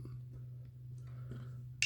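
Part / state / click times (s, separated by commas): pinned locking part into the model bomber frame section / seated / 1.8 s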